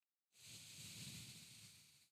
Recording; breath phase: one breath near a microphone; exhalation